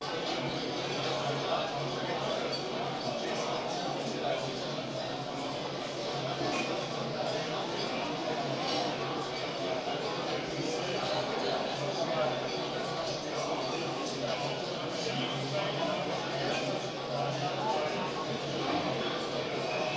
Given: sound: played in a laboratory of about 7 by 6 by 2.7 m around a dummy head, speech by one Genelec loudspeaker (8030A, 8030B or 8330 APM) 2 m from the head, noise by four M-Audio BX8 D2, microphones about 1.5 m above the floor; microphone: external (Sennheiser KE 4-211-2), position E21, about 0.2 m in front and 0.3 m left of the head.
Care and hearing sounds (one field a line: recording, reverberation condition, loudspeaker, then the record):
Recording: cafeteria noise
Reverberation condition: medium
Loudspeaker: four, about 170 cm from the corners of the room and facing them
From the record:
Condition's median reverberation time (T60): about 510 ms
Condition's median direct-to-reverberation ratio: about -0.5 dB